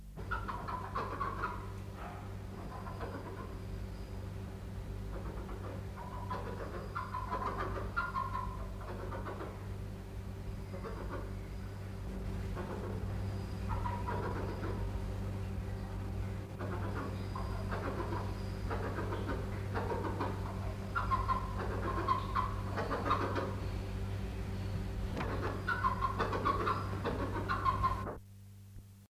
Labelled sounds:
Ashy-headed Goose (Chloephaga poliocephala) call
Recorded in captivity
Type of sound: call
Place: Zoo Zürich, CH
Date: 1968-08-05
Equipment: Halbspur, 9,5 cm/s
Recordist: Lütgens, Hans
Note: Drei frischimportierte Tiere im Eingewöhnungskäfig

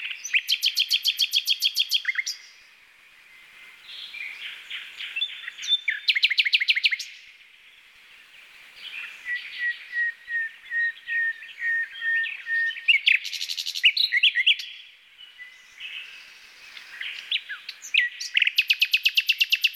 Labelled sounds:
Common Nightingale (Luscinia megarhynchos) song
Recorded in the wild
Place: NSG Taubergießen / Reg.-Präs. Freiburg im Breisgau, Baden-Württemberg, DE
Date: 1982-05-26
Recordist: Schwarz, Dieter

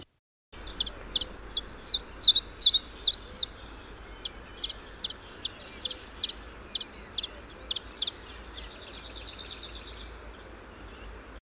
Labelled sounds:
Dunnock (Prunella modularis) song, Common Chiffchaff (Phylloscopus collybita) song
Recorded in the wild
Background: Phylloscopus collybita
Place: Lakatnik, Sofia, BG
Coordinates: 43.053, 23.409
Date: 1974-05-18
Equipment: Nagra III BH, Sennheiser MD 21, parabola
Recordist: Schubert, Michael
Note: Gesang Zilpzalp, dahinter Heckenbraunelle

